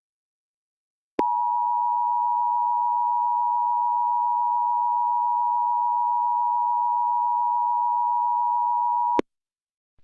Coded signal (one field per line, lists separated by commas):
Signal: Emergency Alert System (SAME) tones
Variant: 853 and 960 Hz attention tone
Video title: (EAS Scenario) The East Coast Tsunami Disaster